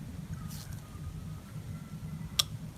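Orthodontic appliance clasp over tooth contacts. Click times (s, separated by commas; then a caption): 2.4 s. A thumb guides the soldered clasp of an orthodontic appliance over a tooth, pressing it into place against a low background rumble. A sharp, brief snap at 2.4 seconds marks the clasp snapping over the contact points, and the appliance is seated.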